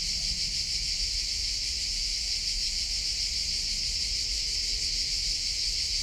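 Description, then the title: Cricket song, an unbroken high-pitched trill held steady throughout, with a faint low rumble. Walk toward a pine wood in Collserola natural park during a heat wave, meeting different cricket types singing differently; recorded with a recorder and hypercardioid microphone. "Grills Diferents Collserola"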